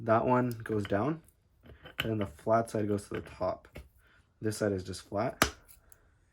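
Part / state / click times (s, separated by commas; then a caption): metal band clamp on a CV axle boot / seated / 5.9 s. A metal band clamp on a CV axle boot is fitted with its toothed side down and flat side to the top, then pressed together until the teeth engage. Someone talks throughout, and a sharp metallic click is heard at 5.9 s as the band clicks into place and seats.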